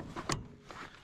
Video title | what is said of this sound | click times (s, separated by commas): Another Snow Attachment You'll Want! - John Deere 1025R | clicked into place | 0.3 s